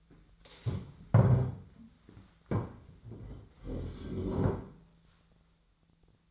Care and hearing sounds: daily activity, microphone in the room; stand up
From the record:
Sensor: 3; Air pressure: 1008.1 hPa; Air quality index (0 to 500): 192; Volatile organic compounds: 14 ppm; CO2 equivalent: 2463 ppm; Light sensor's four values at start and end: 11/26/11/11 and 9/21/9/9

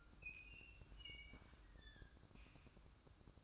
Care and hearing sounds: daily activity, microphone in the room; open fridge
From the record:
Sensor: 2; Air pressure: 1007.5 hPa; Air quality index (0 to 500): 34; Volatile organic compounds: 1 ppm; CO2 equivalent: 525 ppm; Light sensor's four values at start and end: 10/23/10/10 and 10/23/10/10

